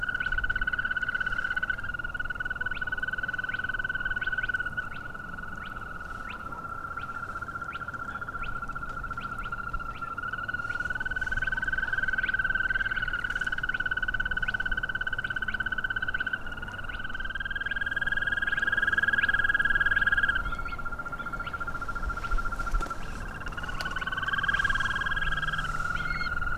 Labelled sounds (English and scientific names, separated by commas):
Green Toad (Bufo viridis)